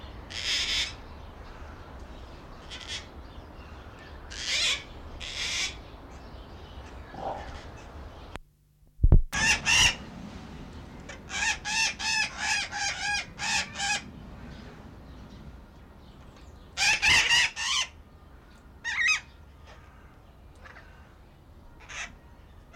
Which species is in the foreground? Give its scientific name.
Enicognathus leptorhynchus